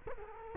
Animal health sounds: mosquito wingbeat signal from an infrared sensor; Culex quinquefasciatus

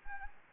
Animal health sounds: mosquito wingbeat signal from an infrared sensor; Anopheles gambiae

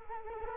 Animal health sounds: mosquito wingbeat signal from an infrared sensor; Culex quinquefasciatus

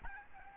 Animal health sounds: mosquito wingbeat signal from an infrared sensor; Aedes albopictus

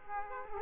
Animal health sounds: mosquito wingbeat signal from an infrared sensor; Aedes aegypti

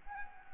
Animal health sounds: mosquito wingbeat signal from an infrared sensor; Anopheles arabiensis

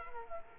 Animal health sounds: mosquito wingbeat signal from an infrared sensor; Culex quinquefasciatus

